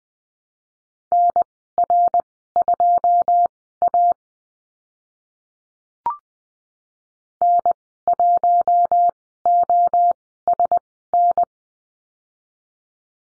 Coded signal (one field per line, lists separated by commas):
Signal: Morse code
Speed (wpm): 20 wpm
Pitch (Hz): 700 Hz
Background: none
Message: NR2A N1OSN